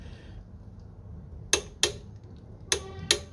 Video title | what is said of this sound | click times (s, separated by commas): LML Star 125 Auto Back plate and variator & 7g rollers | That's it. You can hear the click. | 1.5 s, 1.8 s, 2.7 s, 3.1 s